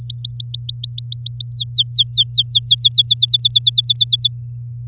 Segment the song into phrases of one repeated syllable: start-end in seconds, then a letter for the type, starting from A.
0.00-1.48 A, 1.52-3.02 B, 3.05-4.28 C